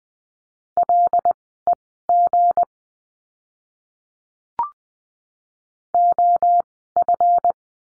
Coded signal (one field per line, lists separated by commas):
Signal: Morse code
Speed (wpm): 20 wpm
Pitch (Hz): 700 Hz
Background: none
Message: LEG OF